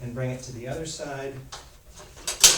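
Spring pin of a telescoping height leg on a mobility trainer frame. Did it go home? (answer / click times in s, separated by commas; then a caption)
yes / 2.5 s. Someone talks while raising one side of the telescoping height adjustment on a mobility trainer frame. A sharp sound comes at 2.3 s, and the spring pin clicks into the next hole at 2.5 s. The pin is seated, leaving three holes showing.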